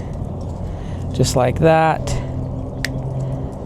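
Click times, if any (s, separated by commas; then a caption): 2.8 s. On a 2009–2015 Honda Pilot, the plastic LED bulb socket is lined up by its grooves and slid into the tail light housing while someone talks. A sharp snap at 2.9 s marks the socket seating in the housing.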